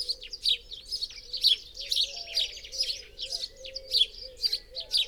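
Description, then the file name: House sparrow chirps tumbling out rapidly and irregularly, bright notes over a soft low hum in the background. "Passer domesticus"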